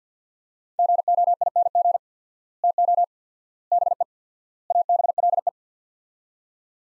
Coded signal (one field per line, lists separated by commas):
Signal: Morse code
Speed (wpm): 50 wpm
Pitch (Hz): 700 Hz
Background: none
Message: GOING TO BE ABLE